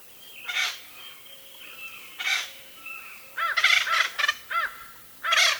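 Bird giving harsh, raspy squawks with several arched, nasal notes in a quick cluster near the end, separated by short pauses; faint thin tones run underneath.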